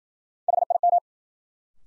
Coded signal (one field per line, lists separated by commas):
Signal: Morse code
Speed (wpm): 53 wpm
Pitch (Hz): 700 Hz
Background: none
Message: HIM